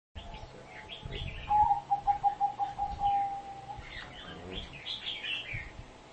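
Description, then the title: Spotted dove cooing: a quick stuttering run of coos ending in a drawn-out tone, over busy high chirping from other small birds. Call used as a lure for trapping the birds. "Pikat Burung Tekukur"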